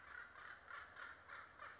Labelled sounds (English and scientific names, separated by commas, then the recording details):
Acorn Woodpecker (Melanerpes formicivorus)
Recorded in Sonoma County, California